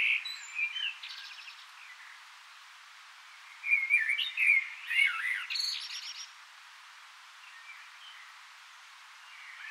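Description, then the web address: Common blackbird song: a brief soft warble, a pause, then a louder whistled phrase with a thin, squeaky, buzzing tail, followed by quiet. "SETE Turdus merula"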